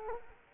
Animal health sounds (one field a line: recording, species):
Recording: mosquito wingbeat signal from an infrared sensor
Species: Culex quinquefasciatus